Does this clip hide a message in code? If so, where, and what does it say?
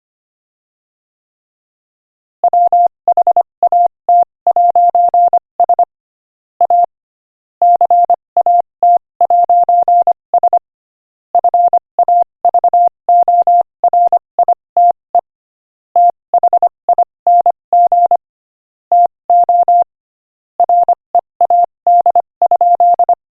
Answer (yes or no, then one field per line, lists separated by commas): yes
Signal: Morse code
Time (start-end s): 2.4-23.1 s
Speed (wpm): 26 wpm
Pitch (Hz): 700 Hz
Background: none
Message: WHAT'S A CAT'S FAVORITE THING TO READ?